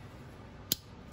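The bottle opener on a 2020 Gerber ArmBar folding multitool with aluminum handles is swung open on its slip joint. It snaps into its detent with one sharp, bright metallic click at 0.7 s over faint background noise. The opener is seated, with a satisfying click.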